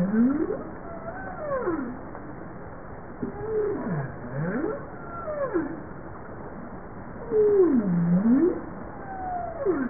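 Bowhead whale song of moaning low notes that sweep up and down, with several overlapping swooping calls and higher bending tones over steady sea noise.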